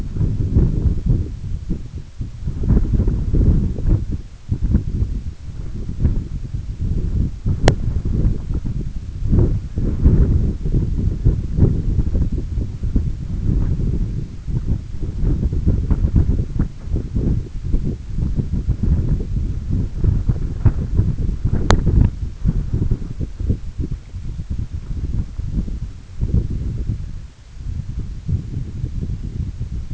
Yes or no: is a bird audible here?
no